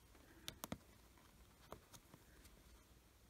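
A plastic washer back is pushed onto the post of a plastic safety eye through a crocheted pumpkin, with the stuffing moved aside. The back ratchets down the post with short, sharp clicks at 0.5, 0.6, 0.7 and 1.7 seconds over a quiet background, and the back is seated.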